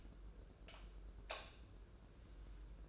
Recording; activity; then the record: daily activity, microphone in the room; light off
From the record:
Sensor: 2